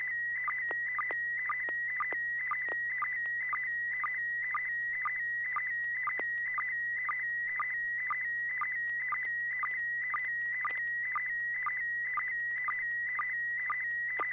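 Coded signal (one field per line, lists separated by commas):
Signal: SSTV (slow-scan television)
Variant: PD120 mode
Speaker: well I didn't expect to be first but let's give this a shot this should be PD 120 if everything works right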